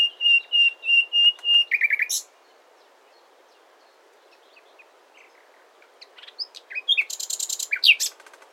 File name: Luscinia megarhynchos